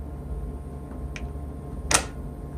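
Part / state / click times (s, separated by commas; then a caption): magnetic dust shoe onto CNC router spindle mount / seated / 1.2 s, 2.0 s. A homemade magnetic dust shoe is brought up to its mount on a CNC router spindle, and its glued-in magnets pull it home with a faint snap at 1.2 s and a sharper, louder snap at 2.0 s over a steady low hum. The dust shoe seats right in place.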